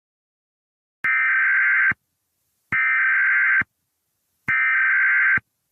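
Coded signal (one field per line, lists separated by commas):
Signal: Emergency Alert System (SAME) tones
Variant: header bursts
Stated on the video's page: Fictional zombie scenario alert, not a real warning.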